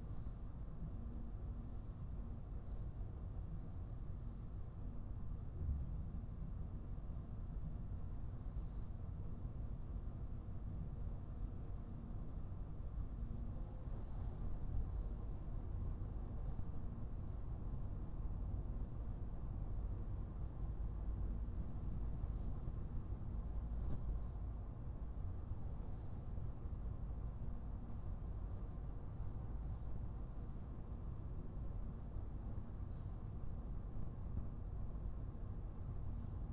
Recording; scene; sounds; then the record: everyday scene through a hearing-aid microphone; in a vehicle; engine, highway driving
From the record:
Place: Skoda Fabia, gasoline engine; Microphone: behind the ear, right, front